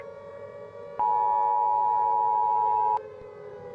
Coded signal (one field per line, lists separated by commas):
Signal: Emergency Alert System (SAME) tones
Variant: 853 and 960 Hz attention tone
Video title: Among The Walking Dead - EAS Zombie Scenario